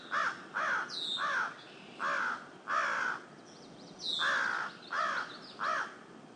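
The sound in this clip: Crow calling with eight hoarse, downslurred caws in uneven spacing, while a small bird adds high thin chirps twice.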